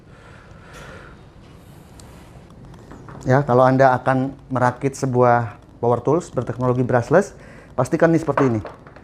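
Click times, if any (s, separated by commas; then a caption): none. An internal component of a brushless Nagawa impact driver is being handled while it is pressed into its housing during reassembly. Faint handling taps and rustles come before someone talks. Nothing has seated or clicked yet.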